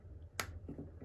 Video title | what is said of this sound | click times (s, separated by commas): Controller to Motor Connectors upgrade MR60. English VERSION | you hear that it's done and | 0.4 s